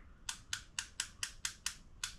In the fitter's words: and then you can hear the clicks as it comes back together um you know to be able to fit your cell phone